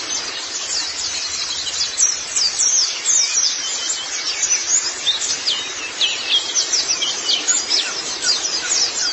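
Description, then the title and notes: White-eye: thin, high twittering chatter of squeaky notes and quick trills, steady and busy throughout. "Kicauan Burung Pleci Durasi Panjang. Suara kicauan burung pleci"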